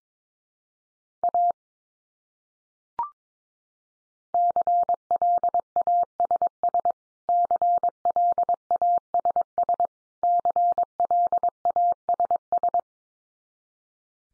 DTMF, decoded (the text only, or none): none